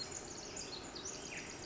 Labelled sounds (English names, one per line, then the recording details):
Pacific Wren
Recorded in Sonoma County, California